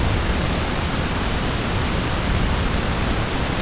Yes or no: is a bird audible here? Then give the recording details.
no. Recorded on Arctic tundra, site ZACK-1, on 10 June 2019. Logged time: 15:49